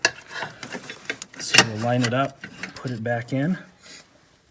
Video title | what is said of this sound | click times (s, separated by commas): 2002 Volvo XC70: Replacing the vacuum pump | And it just clicks into place like so. | 0.1 s